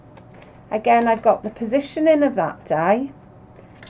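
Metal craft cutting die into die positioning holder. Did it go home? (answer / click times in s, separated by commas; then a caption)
yes / 3.8 s. A metal craft cutting die is pressed back into a layering/positioning holder while someone talks. Faint ticks come at 0.2 and 0.4 seconds, then one sharp hit at 3.8 seconds as the die locks into place in the holder.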